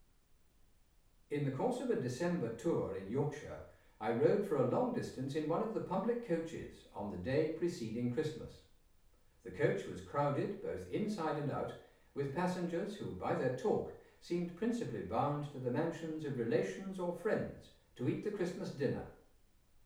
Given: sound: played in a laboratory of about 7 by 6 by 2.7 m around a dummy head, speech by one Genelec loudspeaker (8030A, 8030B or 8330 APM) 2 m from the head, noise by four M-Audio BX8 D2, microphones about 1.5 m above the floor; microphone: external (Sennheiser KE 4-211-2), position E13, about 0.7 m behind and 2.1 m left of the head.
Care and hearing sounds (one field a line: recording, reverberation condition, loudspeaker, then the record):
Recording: male speech in English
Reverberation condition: medium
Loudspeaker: 150 degrees to the right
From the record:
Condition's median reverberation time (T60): about 510 ms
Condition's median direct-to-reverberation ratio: about -0.5 dB